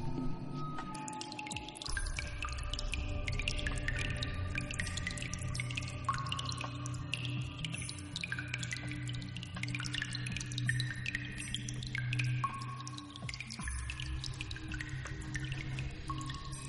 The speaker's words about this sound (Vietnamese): Ở đây còn có tiếng nước nhỏ giọt và đủ loại thạch nhũ hình thù kỳ quái.